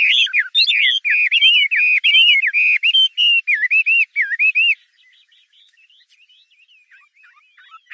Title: 画眉鸟的叫声